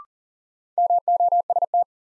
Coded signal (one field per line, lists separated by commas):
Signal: Morse code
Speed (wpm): 38 wpm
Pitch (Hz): 700 Hz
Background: none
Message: MOST